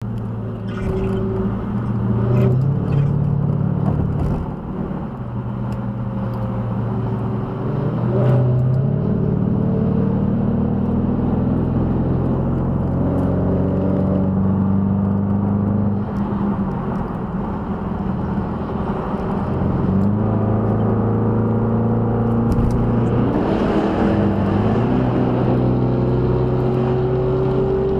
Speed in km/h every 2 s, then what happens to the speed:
93, 93, 95, 95, 95, 100, 121, 129, 130, 134, 145, 143, 150, 166.
0-20 speeds up to 145. 23-28 speeds up to 166.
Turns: none.